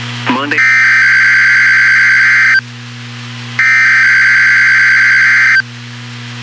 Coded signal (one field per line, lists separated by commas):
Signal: Emergency Alert System (SAME) tones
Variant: header bursts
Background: speech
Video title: Required weekly test WXK 91 Topeka Kansas live voice